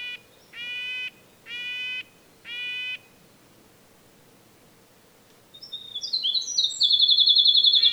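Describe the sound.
Red-breasted nuthatch giving a few nasal honking notes about a second apart, followed by another bird's high, rapid trilled song.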